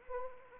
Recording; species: mosquito wingbeat signal from an infrared sensor; Anopheles arabiensis